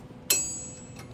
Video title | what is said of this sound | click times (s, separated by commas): HOW TO INSTALL BRAKE PADS AND ROTORS | there we go. Yeah, make sure you put it until it clicks. | 0.3 s